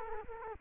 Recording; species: mosquito wingbeat signal from an infrared sensor; Culex quinquefasciatus